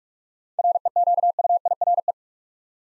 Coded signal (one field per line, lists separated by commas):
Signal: Morse code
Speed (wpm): 44 wpm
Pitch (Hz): 700 Hz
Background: none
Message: REQUIRE